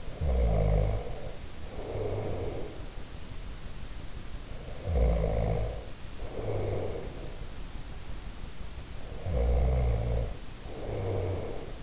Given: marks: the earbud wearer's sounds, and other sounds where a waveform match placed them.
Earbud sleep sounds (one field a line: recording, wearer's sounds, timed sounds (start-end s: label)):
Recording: sounds in sleep by an in-ear microphone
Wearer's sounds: snoring breath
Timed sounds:
0.00-2.91 s: snoring breath
4.80-7.26 s: snoring breath
9.03-11.83 s: snoring breath